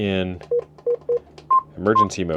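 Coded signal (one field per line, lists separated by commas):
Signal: none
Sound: radio button press beeps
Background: speech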